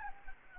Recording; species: mosquito wingbeat signal from an infrared sensor; Anopheles arabiensis